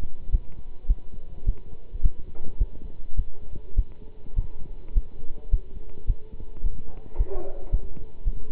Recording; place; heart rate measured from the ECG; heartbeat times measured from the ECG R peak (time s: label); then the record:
heart sounds by stethoscope; between the tricuspid and mitral areas; 106 bpm
0.31 s: heartbeat
0.87 s: heartbeat
1.45 s: heartbeat
2.02 s: heartbeat
2.58 s: heartbeat
3.16 s: heartbeat
3.75 s: heartbeat
4.35 s: heartbeat
4.94 s: heartbeat
5.50 s: heartbeat
6.06 s: heartbeat
6.63 s: heartbeat
7.17 s: heartbeat
7.71 s: heartbeat
8.24 s: heartbeat
From the record:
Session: pedaling a stationary bicycle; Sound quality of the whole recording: good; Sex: male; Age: 27 years